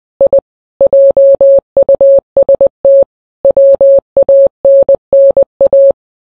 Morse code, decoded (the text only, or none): I JUST WANNA